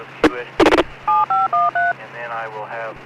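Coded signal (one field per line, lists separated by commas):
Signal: DTMF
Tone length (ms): 180 ms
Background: speech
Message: 7513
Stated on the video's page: Local 2m traffic including FM simplex, SSB, AllStarLink node, D-Star reflector cross-moded to DMR and YSF, and a rail transit NXDN VHF system on scan.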